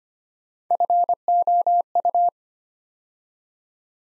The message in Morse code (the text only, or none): FOU